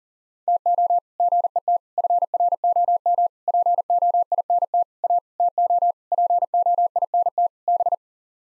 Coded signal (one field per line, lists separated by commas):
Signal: Morse code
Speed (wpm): 40 wpm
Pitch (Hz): 700 Hz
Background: none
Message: TO GET FROM POINT A TO POINT B